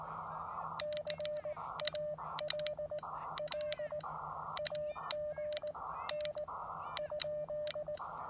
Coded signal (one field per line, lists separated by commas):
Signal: Morse code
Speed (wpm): 18 wpm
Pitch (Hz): 600 Hz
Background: none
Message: CALL AGN ?